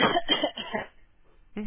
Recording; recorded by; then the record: voluntary cough; telephone call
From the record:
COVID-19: negative